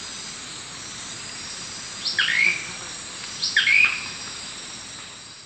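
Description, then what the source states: Blue-crowned manakin song: two short, bright chirps with a quick downward slur, just over a second apart, over steady insect noise. South America, eastern lowlands.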